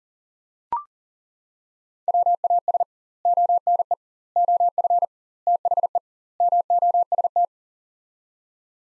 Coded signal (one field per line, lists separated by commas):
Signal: Morse code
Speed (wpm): 37 wpm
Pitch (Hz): 700 Hz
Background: none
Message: WAS ONE OF THE MOST